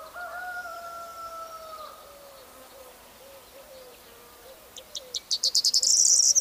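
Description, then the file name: Corn bunting song, a quick series of dry ticks speeding into a loud jangling, glassy trill near the end, after long low whistled tones from another bird. "Stuart Fisher - Prosyanka Emberiza calandra"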